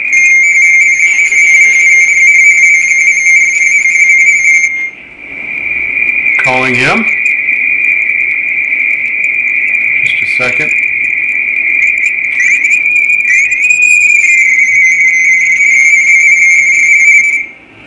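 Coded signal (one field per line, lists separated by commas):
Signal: RTTY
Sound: steady rapid two-tone warbling teletype chatter, with a couple of brief tuning thumps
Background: tuning clicks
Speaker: for another station to work tuning the vfo calling him just a second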